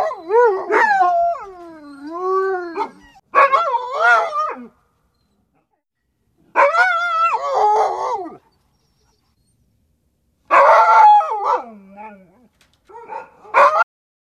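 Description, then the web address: Dog howling in five wavering, harmonic bouts that rise and fall in pitch, separated by silences. "chien hurleur"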